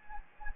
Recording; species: mosquito wingbeat signal from an infrared sensor; Anopheles gambiae